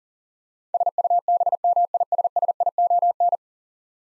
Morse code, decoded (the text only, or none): SUBMISSION